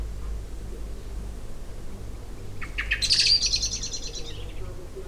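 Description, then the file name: Common blackbird uttering one burst of fast, harsh chattering notes that swells loudly then fades, over a constant low rumble. "Turdus merula"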